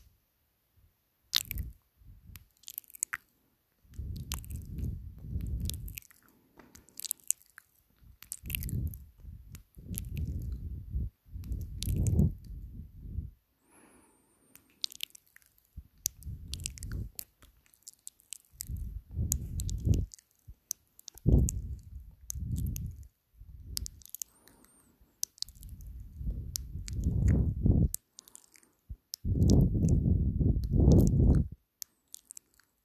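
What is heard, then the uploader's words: Wet mouth sounds: sharp clicks, smacks and squishy chewing noises scattered throughout. Between them come heavy, low breaths, each lasting a second or two, repeating every few seconds and growing louder and longer toward the end. Mouth Sounds with heavy breathing ASMR.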